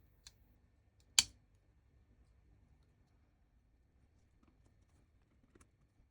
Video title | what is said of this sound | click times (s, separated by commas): 181 - Maintenance - DCC Fitting - Graham Farish Class 64xx | It eventually engaged with the chassis with a satisfying click. | 1.2 s